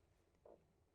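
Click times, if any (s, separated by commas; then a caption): none. A bathroom pocket door lock catch on a 2027 Newmar Mountain Aire is handled as the door is slid closed. A quiet low hum runs throughout, broken by a short muffled burst of sound at about 0.4–0.6 s. The clip ends before the lock relatches, so nothing has seated or clicked yet.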